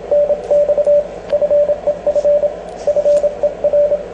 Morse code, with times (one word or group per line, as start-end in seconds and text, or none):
0.1-1.0 NX
1.3-2.5 FEF
2.9-4.0 FER